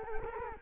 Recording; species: mosquito wingbeat signal from an infrared sensor; Culex quinquefasciatus